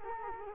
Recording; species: mosquito wingbeat signal from an infrared sensor; Culex quinquefasciatus